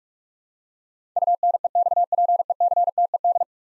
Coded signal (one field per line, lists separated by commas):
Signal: Morse code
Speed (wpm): 41 wpm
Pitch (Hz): 700 Hz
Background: none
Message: UNEXPECTED